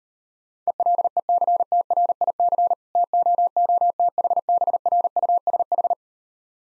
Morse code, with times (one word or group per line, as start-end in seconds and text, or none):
0.7-2.7 ELECTRIC
3.0-5.9 TOOTHBRUSH